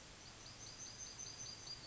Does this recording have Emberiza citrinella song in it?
yes